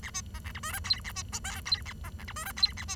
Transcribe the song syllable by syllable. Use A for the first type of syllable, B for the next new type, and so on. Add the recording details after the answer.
A B C D E F G H A B I J H A C D E F G H A B. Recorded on 23 June 2012 at 08:30. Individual gr41rd51